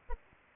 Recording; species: mosquito wingbeat signal from an infrared sensor; Anopheles arabiensis